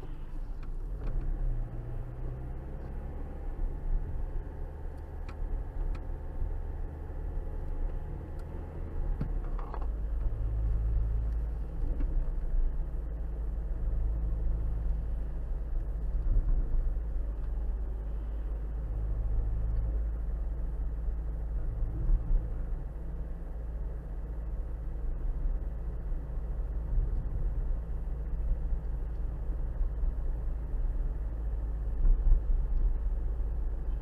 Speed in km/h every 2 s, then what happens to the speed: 26, 34, 35, 35, 37, 39, 39, 39, 39, 37, 39, 40, 39, 39, 39, 39, 37.
0-3 speeds up to 35. 3-34 steady at about 39.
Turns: 4-10.